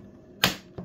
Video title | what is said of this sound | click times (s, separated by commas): ACER Nitro 5 M.2 SSD Upgrade - How to add more storage space to your Nitro 5 laptop! | you'll hear it click | 0.4 s